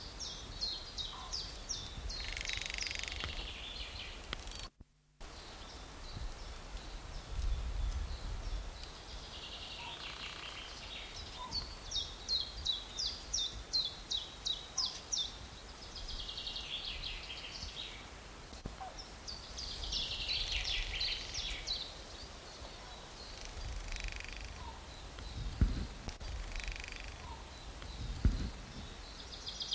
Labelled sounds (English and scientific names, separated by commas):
Common Chaffinch (Fringilla coelebs) song